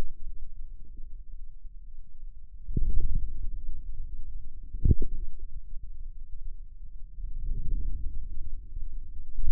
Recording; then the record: forearm muscle sounds (acoustic myography)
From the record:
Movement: outward rotation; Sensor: system 2, bracelet of six BSWA MPA416 microphones around the upper forearm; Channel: 5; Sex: female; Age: 23 years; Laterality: right